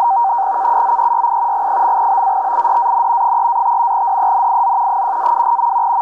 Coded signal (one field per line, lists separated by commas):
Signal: NAVTEX (SITOR-B)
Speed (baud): 100 baud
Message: KUZEYI G.BATIDAN 3-5 DENIZ 1-2M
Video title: Istambul Radio TAH transmitindo boletins meteorológicos, 8431 kHz